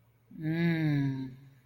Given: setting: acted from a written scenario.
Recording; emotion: vocal sound without words; desire